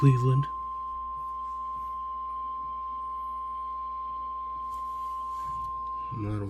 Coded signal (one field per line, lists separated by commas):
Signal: Emergency Alert System (SAME) tones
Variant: 1050 Hz attention tone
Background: speech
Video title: A severe weather night in central Ohio with EAS Alerts